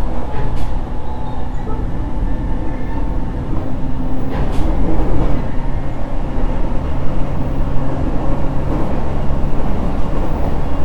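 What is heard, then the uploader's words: A JR Kyushu 817 series train runs steadily, its heavy low rumble and rattle continuous throughout. Faint motor tones hum in the low and middle range, and brief sharp clicks or squeals cut through near the start and around four and a half seconds. JR九州 817系 福北ゆたか線 吉塚から篠栗まで. It is a running sound of JR Kyushu 817 series trains. I recorded it on the local train of Fukutoku Yutaka Line (Chikuho Line). The section is from Yoshizuka to sasaguri.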